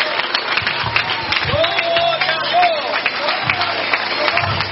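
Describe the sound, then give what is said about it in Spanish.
An audience applauds during a Spanish-language sermon, clapping for 'the one who lives' in a dense, steady wash of clapping that lasts the whole stretch, with scattered shouts, voices and a few low thumps mixed into the noise. “Que le aplauso al que vive, corra.”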